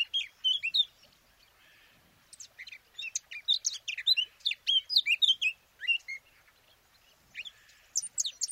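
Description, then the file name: Eurasian blackcap warbling song with clear sweeping whistles and scratchy chips, a short pause, then a denser phrase and a final brief burst. "Sylvia atricapilla"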